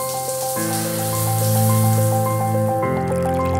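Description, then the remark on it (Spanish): A shower runs in a steady, continuous hiss of spraying water, with a faint tonal hum beneath it and no voices. “Una ducha.”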